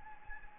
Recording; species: mosquito wingbeat signal from an infrared sensor; Anopheles gambiae